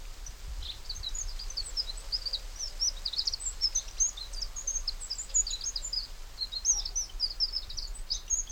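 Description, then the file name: Eurasian wren giving many brief, high, ticking chirps in an irregular stream across the whole stretch, with a low hum of background noise beneath. "Troglodytes troglodytes"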